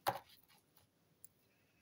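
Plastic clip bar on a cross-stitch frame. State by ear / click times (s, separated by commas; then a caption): seated / 0.1 s. A plastic clip bar of a cross-stitch frame is pressed onto the frame over the canvas and snaps on with a sharp click at 0.1 s. A few faint ticks follow, and a brief sharp tick comes at about 1.2 s. The clip is seated.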